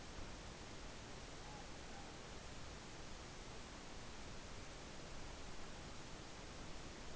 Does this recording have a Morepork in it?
no